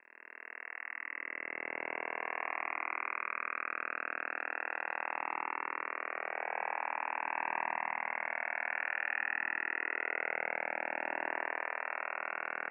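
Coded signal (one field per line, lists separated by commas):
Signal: radar signal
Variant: Kontayner 29B6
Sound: continuous rapid buzzing rasp filling the audio band, with slowly shifting tonal swirls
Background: radio static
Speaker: container transmits between 6.1 and 32 megahertz at all times of the day so the next time you're monitoring the HF bands be sure to listen out and remember it's not the woodpecker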